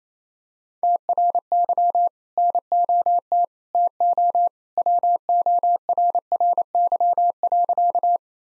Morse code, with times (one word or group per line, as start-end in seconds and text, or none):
0.8-2.1 TRY
2.4-3.4 NOT
3.7-4.5 TO
4.8-8.2 WORRY.